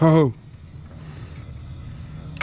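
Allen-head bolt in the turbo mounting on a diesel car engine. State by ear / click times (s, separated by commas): stripped / 2.4 s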